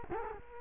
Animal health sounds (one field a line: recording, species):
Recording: mosquito wingbeat signal from an infrared sensor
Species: Culex quinquefasciatus